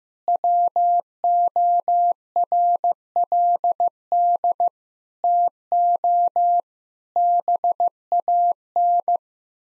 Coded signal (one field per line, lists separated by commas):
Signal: Morse code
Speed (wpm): 15 wpm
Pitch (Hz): 700 Hz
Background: none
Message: WORLD TO BAN